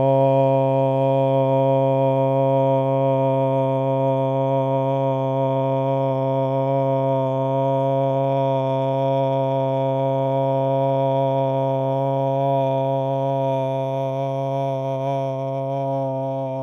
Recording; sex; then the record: sustained vowel /o/; male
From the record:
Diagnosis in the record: Parkinson's disease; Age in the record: 50 years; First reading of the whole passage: 72 s, 7.2 characters per second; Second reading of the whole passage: 54 s, 9.6 characters per second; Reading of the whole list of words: 40 s, 7.1 characters per second